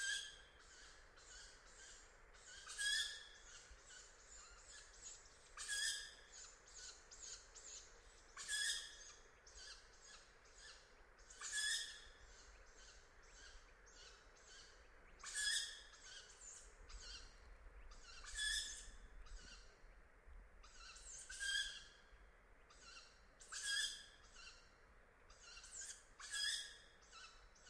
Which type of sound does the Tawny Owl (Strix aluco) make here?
call